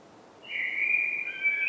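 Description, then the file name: Eurasian blackbird giving a short, clear whistled note that holds steady and then splits into two parallel tones. "Turdus merula"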